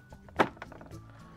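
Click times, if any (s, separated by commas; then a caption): 0.4 s. A plastic Cascade bidet seat is slid along its grooves onto a modified mounting plate on a Jacuzzi Primo toilet until it snaps into place. Over background music, a few faint taps lead to one short, sharp thunk at 0.4 s, followed by a few quieter knocks. The seat is seated on the mounting plate.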